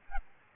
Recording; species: mosquito wingbeat signal from an infrared sensor; Aedes albopictus